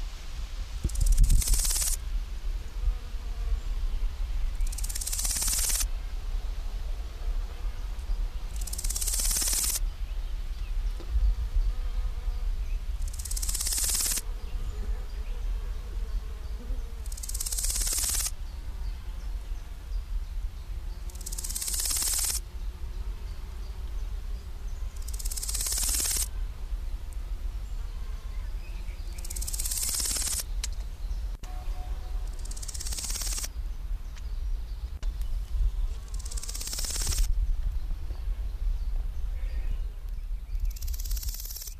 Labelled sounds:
Large Gold Grasshopper stridulation

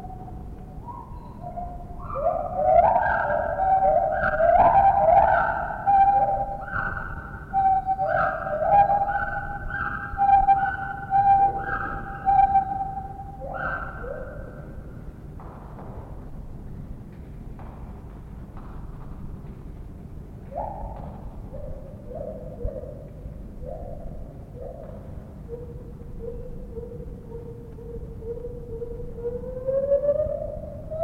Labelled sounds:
Lar Gibbon

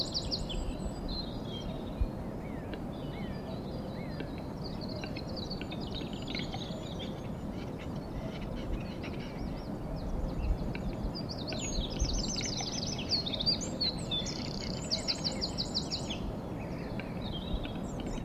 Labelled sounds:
Eurasian Wren

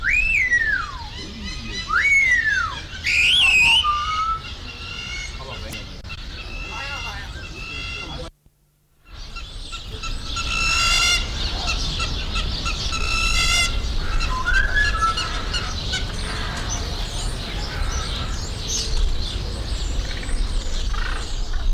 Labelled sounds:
Common Hill Myna

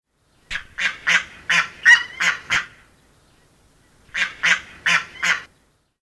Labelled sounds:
Steller's Sea Eagle

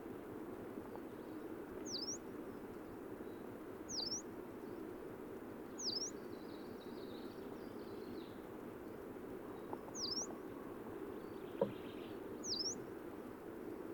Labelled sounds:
Yellow-browed Warbler call

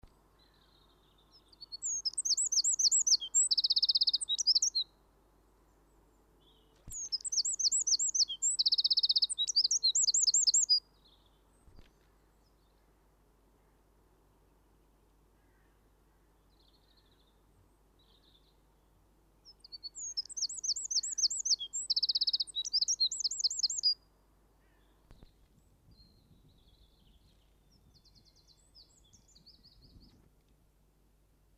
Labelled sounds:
Eurasian Wren song

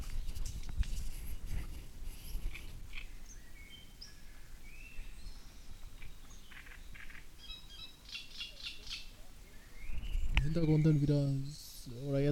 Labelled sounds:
Great Reed Warbler

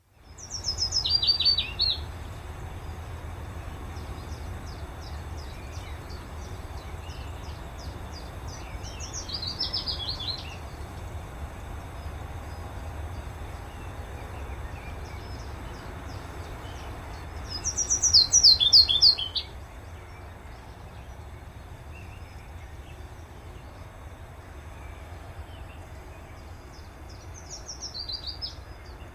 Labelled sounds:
Willow Warbler

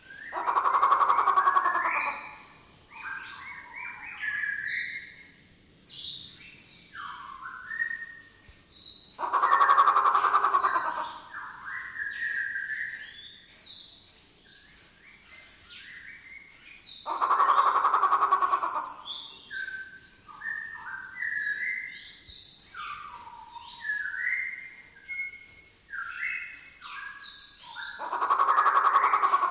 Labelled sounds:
Grey Peacock-Pheasant

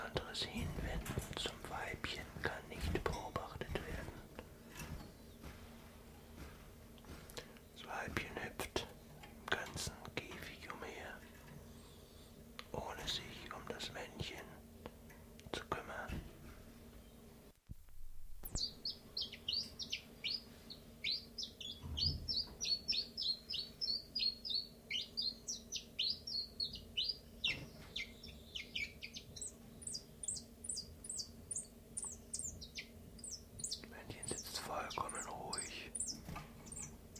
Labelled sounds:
Common Chiffchaff

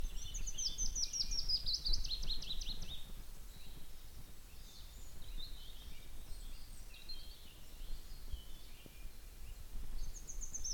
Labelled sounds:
Willow Warbler

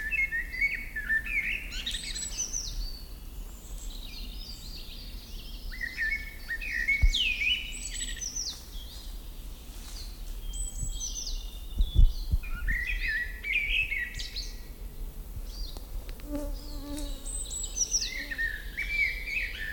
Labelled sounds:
European Robin song

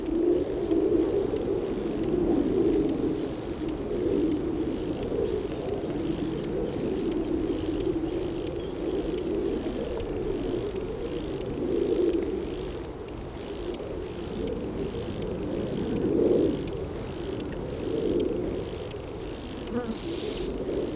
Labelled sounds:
Steppe Grasshopper stridulation

